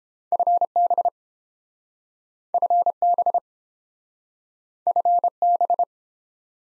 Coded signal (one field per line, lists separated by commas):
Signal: Morse code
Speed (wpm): 30 wpm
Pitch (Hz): 700 Hz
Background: none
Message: FB FB FB